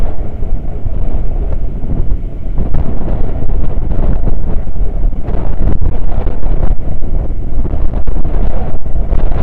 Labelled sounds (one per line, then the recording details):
wind
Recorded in the Prudhoe Bay oil fields, Alaska, on 9 August 2019 at 00:02
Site 29